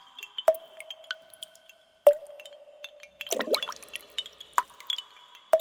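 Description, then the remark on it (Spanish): Water drips fall at irregular intervals, each a sharp, clear plink followed by a lingering ringing tone, with a brief bubbly splash in the middle and no voices. “Ahora es el turno del agua.”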